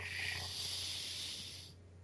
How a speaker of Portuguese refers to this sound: Respirando.